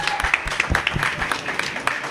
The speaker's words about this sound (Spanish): Venga, sí, un aplauso.